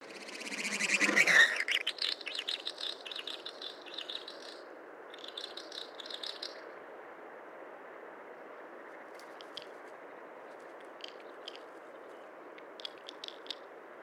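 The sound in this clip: Snipe calls: a loud harsh burst at the start, then bouts of rapid, ticking pulses repeated over a steady broad hiss.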